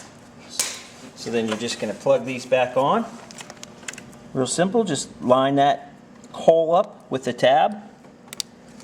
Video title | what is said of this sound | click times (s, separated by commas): Witchdoctors com shows how to install Arlen Ness LED turn signals on a Victory Cross Country | snap it on make sure you hear it click | 8.4 s